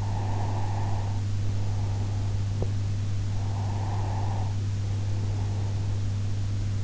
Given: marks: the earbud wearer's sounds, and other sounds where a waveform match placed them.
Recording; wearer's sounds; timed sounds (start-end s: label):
sounds in sleep by an in-ear microphone; breath
0.00-2.57 s: breath
3.34-6.29 s: breath